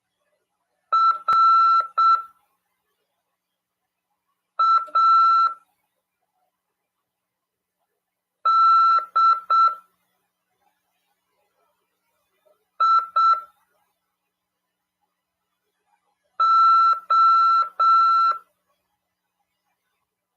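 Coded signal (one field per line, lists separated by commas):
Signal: Morse code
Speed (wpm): 7 wpm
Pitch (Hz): 1340 Hz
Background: none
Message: R A D I O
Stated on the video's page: Amateur radio class on CW over 146.410 MHz.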